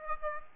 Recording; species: mosquito wingbeat signal from an infrared sensor; Aedes aegypti